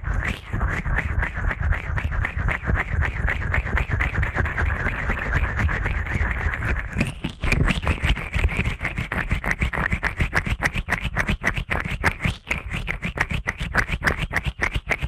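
Ear cleaning sounds race along at a furious pace, a dense stream of rapid scratchy rubbing with a low rumble underneath. Around seven seconds the texture shifts, becoming brighter and more sharply clicking, with fast regular strokes continuing to the end.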